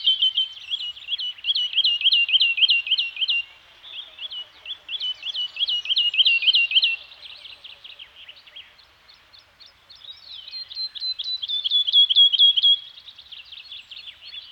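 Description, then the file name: Songbird delivering high, evenly spaced repeated notes in several runs, with short breaks between phrases and a softer jumbled twitter in between. Birds singing in a Scandinavian forest. "Nature Soundscape - Scandinavian Forest Environment with Birds Singing"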